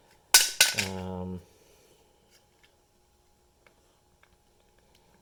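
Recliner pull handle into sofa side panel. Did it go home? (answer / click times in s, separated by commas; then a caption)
yes / 0.3 s. A replacement recliner pull handle is pushed into its opening in the side of a sofa and snaps into place with a loud, sharp snap at 0.3 s. Two quicker sharp knocks follow at 0.6 s and 0.8 s, then a ringing tone fades out by about 1.4 s, leaving only faint small ticks. The handle ends up seated.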